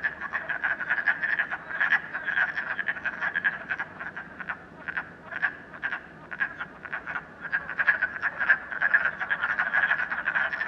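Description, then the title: Frogs calling in a dense chorus, overlapping pulsed croaks centred in a mid-high band, swelling and easing in waves with brief gaps. Frogs in a puddle at night in Canada, recorded during COVID-19. "Frogs, Night, Train, Canada"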